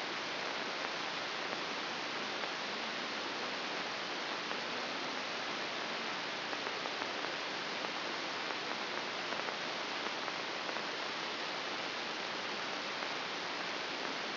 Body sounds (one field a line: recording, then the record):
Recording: brain microelectrode recording played as sound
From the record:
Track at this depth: inside the subthalamic nucleus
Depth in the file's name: 2.831 mm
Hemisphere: left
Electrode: 3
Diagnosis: Parkinson's disease